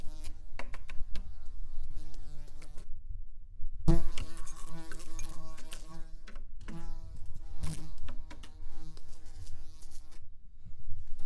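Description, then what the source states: Fly buzzing, a wavering harmonic drone interrupted by a couple of short silences and a sharp tap. Flying around.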